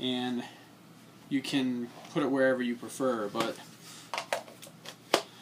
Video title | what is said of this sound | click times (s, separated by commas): kydex m4 magazine holder | so there's that nice audible click. | 5.1 s